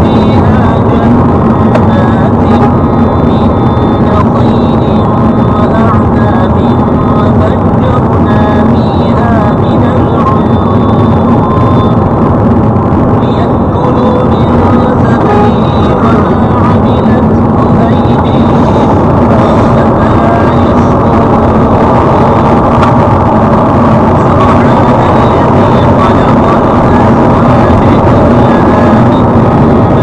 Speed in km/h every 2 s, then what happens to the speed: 87, 83, 88, 91, 92, 93, 93, 89, 86, 85, 86, 92, 92, 93, 88.
0-10 speeds up to 93. 10-16 slows to 86. 16-23 speeds up to 92. 23-30 steady at about 92.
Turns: none.